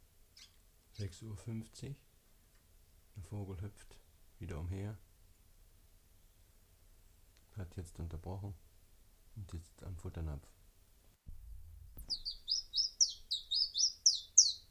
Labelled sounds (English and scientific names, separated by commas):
Common Chiffchaff (Phylloscopus collybita) song